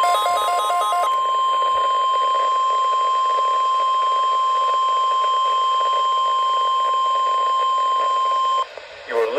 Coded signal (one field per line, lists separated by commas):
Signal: Emergency Alert System (SAME) tones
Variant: 1050 Hz attention tone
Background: speech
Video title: EAS 81: RWT for the week July 11, 2021